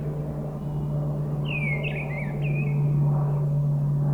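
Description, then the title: Mistle Thrush gives one short fluty warbled phrase over a loud, steady low droning hum. Singing high at the top of a tree at a forest edge near Brison-Saint-Innocent, France; Sunday, grey weather, 10°C; frequent aircraft passing from a nearby airport. "Brison-Saint-Innocent, France - Grive draine"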